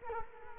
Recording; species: mosquito wingbeat signal from an infrared sensor; Culex quinquefasciatus